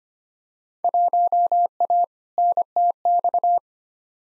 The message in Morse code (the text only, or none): 1A NTX